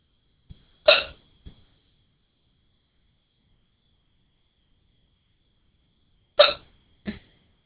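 Sharp, abrupt hiccups from an adult, in two pairs. Each is a short voiced gulp, and quiet pauses separate them.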